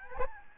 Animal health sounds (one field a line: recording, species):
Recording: mosquito wingbeat signal from an infrared sensor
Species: Aedes albopictus